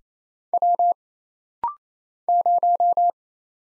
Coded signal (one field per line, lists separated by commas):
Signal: Morse code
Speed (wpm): 27 wpm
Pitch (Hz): 700 Hz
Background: none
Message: W 0